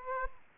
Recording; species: mosquito wingbeat signal from an infrared sensor; Aedes aegypti